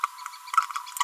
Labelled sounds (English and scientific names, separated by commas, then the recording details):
Green-rumped Parrotlet (Forpus passerinus) babbling
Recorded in a nest box in Venezuela
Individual 18B25A5